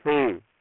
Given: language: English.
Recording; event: throat vibration sensor signal played as sound; speech